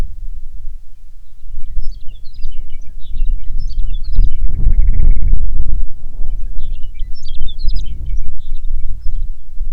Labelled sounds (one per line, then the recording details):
songbird
grouse or ptarmigan
wind
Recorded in the Prudhoe Bay oil fields, Alaska, on 6 June 2019 at 04:42
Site 16